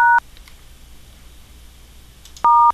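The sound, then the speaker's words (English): Two short, loud telephone keypad tones, each a steady mid-pitched dual beep, separated by more than two seconds of quiet low hiss, with no talking. “Your phone system is subpar as well. I cannot play it back.”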